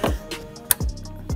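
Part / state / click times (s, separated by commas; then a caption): coolant hose quick connector onto cooler fitting / seated / 0.7 s. A coolant hose quick connector is pushed onto its cooler fitting during a Mishimoto heat exchanger/radiator upgrade on an A90 Supra. Low, dull thumps sound near 0.1 s, 0.8 s and 1.3 s around a single loud, sharp click at 0.7 s. The connector seats with a good click.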